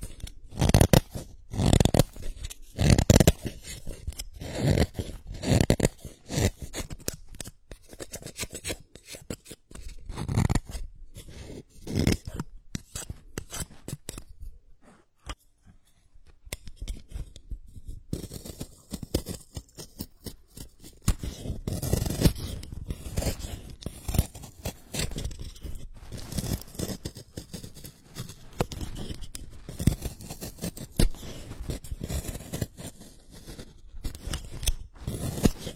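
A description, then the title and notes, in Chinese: A pencil being sharpened: dense, rapid scraping and crunching strokes, with a quieter pause around fifteen to twenty seconds before steady shaving resumes. 削铅笔。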